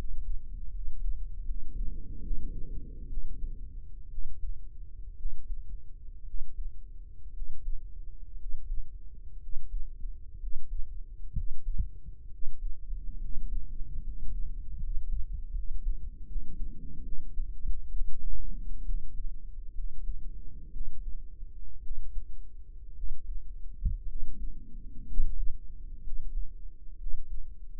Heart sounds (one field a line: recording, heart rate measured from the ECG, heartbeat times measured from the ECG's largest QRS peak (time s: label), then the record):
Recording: heart sounds by microphone in the right ear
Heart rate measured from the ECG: 64 bpm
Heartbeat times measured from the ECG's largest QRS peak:
0.69 s: heartbeat
1.43 s: heartbeat
2.19 s: heartbeat
3.06 s: heartbeat
4.07 s: heartbeat
5.14 s: heartbeat
6.23 s: heartbeat
7.30 s: heartbeat
8.35 s: heartbeat
9.37 s: heartbeat
10.37 s: heartbeat
11.32 s: heartbeat
12.27 s: heartbeat
13.17 s: heartbeat
14.00 s: heartbeat
14.77 s: heartbeat
15.51 s: heartbeat
16.24 s: heartbeat
17.01 s: heartbeat
17.90 s: heartbeat
18.83 s: heartbeat
19.72 s: heartbeat
20.70 s: heartbeat
21.80 s: heartbeat
22.93 s: heartbeat
24.04 s: heartbeat
25.04 s: heartbeat
26.00 s: heartbeat
26.95 s: heartbeat
From the record:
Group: healthy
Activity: rest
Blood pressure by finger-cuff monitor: 124/75 mmHg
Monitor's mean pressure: 91 mmHg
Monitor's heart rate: 63 bpm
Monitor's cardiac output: 6.9 L/min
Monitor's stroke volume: 107 mL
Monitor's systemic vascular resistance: 970 dyn s/cm5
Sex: male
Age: 23 years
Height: 178 cm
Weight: 96.6 kg